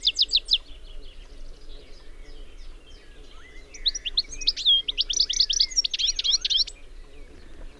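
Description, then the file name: European goldfinch chirps: a few sharp notes at the start, a quieter stretch, then a lively burst of tinkling, slurred twitters. "Carduelis carduelis"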